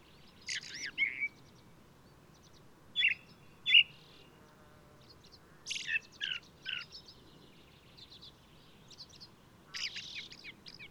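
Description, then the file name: Ring ouzel singing: loud, abrupt fluty notes and harsh rising strokes in irregular short phrases, with quieter chattering between them and constant low background noise. Singing male of the alpine subspecies alpestris, recorded 22 May 2018 at Důl Bílého Labe in the Krkonoše mountains, Czech Republic. "180522 BIO rouz-alpestris-1-M-S cz dul-bileho-labe"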